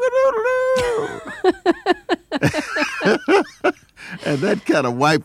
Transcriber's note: laughter